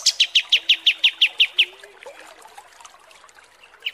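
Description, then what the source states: Pied Triller giving a fast trill of several crisp, evenly spaced notes, then a quiet pause before a new trill begins at the end. Training song (masteran) for teaching songbirds.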